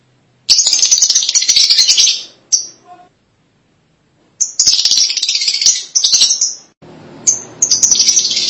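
Lovebird chattering in two long bursts of shrill, rapid high chirps separated by a pause, ending with quick squeaky calls.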